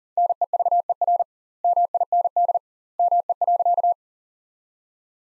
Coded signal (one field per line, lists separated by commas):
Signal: Morse code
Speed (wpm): 40 wpm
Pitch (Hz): 700 Hz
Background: none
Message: NEVER MIND ME.